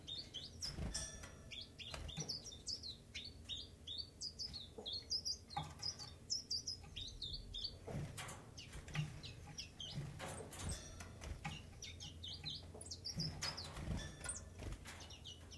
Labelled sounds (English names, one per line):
Common Chiffchaff